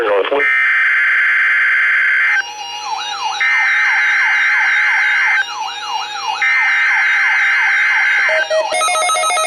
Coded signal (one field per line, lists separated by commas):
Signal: Emergency Alert System (SAME) tones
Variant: header bursts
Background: speech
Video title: Required Weekly Test - 02/07/18 (EAS #1,542)